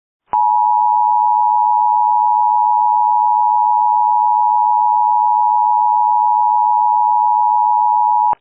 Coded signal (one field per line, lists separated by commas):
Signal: Emergency Alert System (SAME) tones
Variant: 853 and 960 Hz attention tone